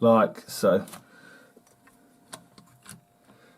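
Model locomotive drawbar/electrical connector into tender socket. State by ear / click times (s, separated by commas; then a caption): seated / 2.3 s. Someone talks briefly, then slowly pushes the plastic and copper fork connector on a Hornby GWR 6000 "King" Class model locomotive into the socket on its tender. A few faint ticks lead up to a sharp pop at 2.3 s as the coupling snaps together and seats, followed by a couple of quieter clicks.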